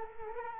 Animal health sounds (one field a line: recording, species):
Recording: mosquito wingbeat signal from an infrared sensor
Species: Culex quinquefasciatus